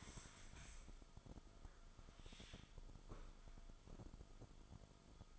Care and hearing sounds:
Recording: daily activity, microphone in the room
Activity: stand up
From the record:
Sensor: 5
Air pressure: 1005.1 hPa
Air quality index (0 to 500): 104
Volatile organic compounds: 2 ppm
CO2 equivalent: 1267 ppm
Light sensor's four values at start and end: 34/79/32/30 and 34/79/32/30

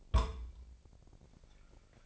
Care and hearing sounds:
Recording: daily activity, microphone in the room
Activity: place on stove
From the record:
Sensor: 5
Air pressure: 999.5 hPa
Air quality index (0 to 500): 217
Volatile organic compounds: 19 ppm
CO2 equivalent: 2652 ppm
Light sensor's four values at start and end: 30/66/28/27 and 29/66/27/27

